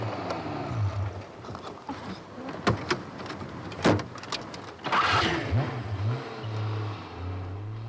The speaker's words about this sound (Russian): Товарищ майор, оползень под задними колесами. Машина скользит по уклону. Тормоз! Да они тормозят!